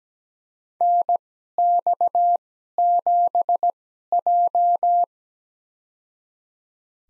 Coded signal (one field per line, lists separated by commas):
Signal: Morse code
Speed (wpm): 17 wpm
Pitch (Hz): 700 Hz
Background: none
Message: NX7J